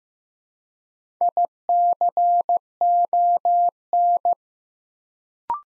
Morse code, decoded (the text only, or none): ICON